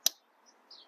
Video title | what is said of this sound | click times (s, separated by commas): DIY 2013 2014 2015 2016 2017 Honda Accord Change CVT Transmission Filter | plug that in click | 0.1 s